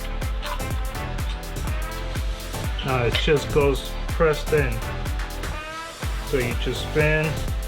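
A turbocharger turbine wheel and shaft, with its seal ring, is pressed in and spun into the center cartridge bore while someone talks over background music. The shaft seal ring has not clicked into place yet, and nothing has seated in the cartridge by the end.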